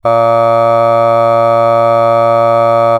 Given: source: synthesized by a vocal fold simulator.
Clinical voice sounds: sustained vowel; male; aspiration noise (breathiness), level 3 of 10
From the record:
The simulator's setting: 0.37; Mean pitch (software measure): 115 Hz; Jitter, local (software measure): 0.23%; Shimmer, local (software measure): 1.3%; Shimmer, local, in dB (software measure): 0.12 dB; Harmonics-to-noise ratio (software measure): 29.0 dB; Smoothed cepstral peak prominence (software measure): 21.9 dB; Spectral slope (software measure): -17.2 dB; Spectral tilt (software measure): -9.3 dB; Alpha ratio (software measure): -7.6 dB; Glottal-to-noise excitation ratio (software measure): 0.992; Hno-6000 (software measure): 2.4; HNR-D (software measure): 24.7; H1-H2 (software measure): 4.9 dB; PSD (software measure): 2.2e-05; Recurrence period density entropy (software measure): 0.109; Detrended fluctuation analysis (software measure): 0.0546

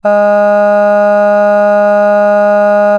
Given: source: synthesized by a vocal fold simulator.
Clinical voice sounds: sustained vowel; female; none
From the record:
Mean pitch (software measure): 206 Hz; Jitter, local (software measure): 0.20%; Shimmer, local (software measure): 1.5%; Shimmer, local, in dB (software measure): 0.13 dB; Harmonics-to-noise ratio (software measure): 31.5 dB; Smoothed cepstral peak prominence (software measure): 18.8 dB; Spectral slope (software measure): -21.9 dB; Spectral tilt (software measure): -8.6 dB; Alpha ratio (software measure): -12.4 dB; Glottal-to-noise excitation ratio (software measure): 0.975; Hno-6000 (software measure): 2.5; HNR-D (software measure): 39.1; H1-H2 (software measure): 9.5 dB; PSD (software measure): 2.2e-05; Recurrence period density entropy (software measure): 0.137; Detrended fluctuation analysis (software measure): 0.0274

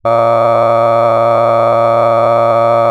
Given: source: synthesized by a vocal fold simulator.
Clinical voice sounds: sustained vowel; male; cycle-to-cycle stiffness perturbation (roughness), level 8 of 10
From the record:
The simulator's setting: 4.90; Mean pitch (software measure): 115 Hz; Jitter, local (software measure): 2.37%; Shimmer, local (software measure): 9.2%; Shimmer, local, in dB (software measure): 0.71 dB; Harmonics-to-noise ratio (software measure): 12.2 dB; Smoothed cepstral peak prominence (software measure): 18.0 dB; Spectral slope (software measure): -16.9 dB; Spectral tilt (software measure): -12.1 dB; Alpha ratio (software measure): -7.4 dB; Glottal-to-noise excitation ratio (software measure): 0.992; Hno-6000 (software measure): 2.4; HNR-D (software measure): 20.9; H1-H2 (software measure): 4.9 dB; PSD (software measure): 1.6e-04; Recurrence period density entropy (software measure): 0.104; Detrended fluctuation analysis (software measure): 0.0562

